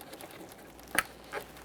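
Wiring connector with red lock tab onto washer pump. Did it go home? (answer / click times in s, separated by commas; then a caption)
yes / 1.0 s. A wiring connector with a red locking tab is pressed onto the washer pump of a 2011-2021 Jeep Grand Cherokee windshield washer reservoir. After faint ticks and rustles, a sharp, bright click sounds at 1.0 s, followed by a softer, duller sound near 1.4 s. The connector is seated, and the red locking tab is pushed toward the tank to lock it.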